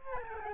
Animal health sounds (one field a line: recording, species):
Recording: mosquito wingbeat signal from an infrared sensor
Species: Aedes albopictus